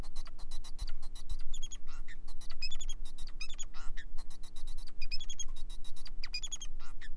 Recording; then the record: song of a male Bengalese finch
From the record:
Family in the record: son of father 4